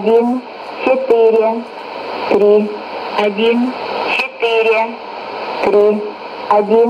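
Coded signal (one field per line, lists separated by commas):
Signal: numbers station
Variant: S06s Russian Lady, Russian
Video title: 11 01 2018 Numbers station S06s Russian Lady in Russian to Eu 0940 on 9540 unknown tx site in CUSB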